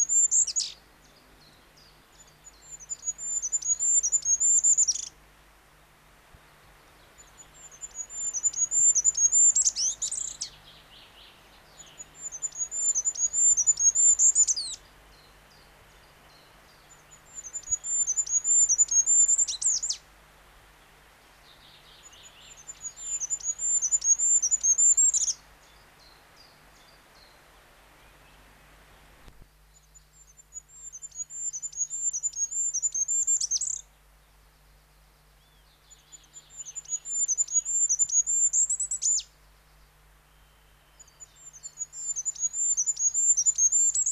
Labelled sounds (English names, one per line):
Goldcrest song